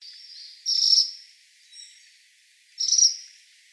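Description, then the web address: Ashy minivet giving two bright, ringing trilled calls about two seconds apart, with a soft, thin twitter between them. Recorded on 1 December 2015. "birdenaga. sansyoukui 151201"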